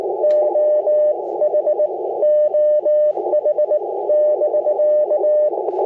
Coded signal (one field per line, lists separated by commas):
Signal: Morse code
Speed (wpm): 20 wpm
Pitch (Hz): 600 Hz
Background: radio noise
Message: OH OH <BK>